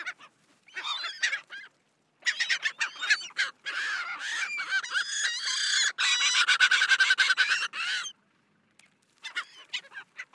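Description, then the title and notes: Dolphin gull calling, scattered harsh squawks building into a rapid, steady chattering run of notes, then pausing before a few more calls. Recorded at Ushuaia and Lapataia, Tierra del Fuego, Argentina, as part of a sound tour. "La Gaviota Austral (Leucopaheus Scoresbii)- Ushuaia. Recorrido sonoro por Uahuaia y Lapataia - Tierra del Fuego - Argentina"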